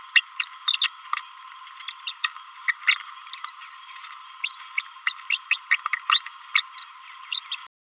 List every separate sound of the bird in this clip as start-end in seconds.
0.16-0.20, 0.40-0.48, 0.68-0.76, 0.81-0.91, 2.07-2.13, 2.24-2.32, 2.68-2.74, 2.88-2.97, 3.33-3.40, 4.44-4.56, 4.78-4.81, 5.07-5.12, 5.30-5.37, 5.51-5.56, 6.10-6.24, 6.55-6.64, 6.78-6.87, 7.31-7.42, 7.52-7.55